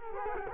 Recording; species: mosquito wingbeat signal from an infrared sensor; Culex quinquefasciatus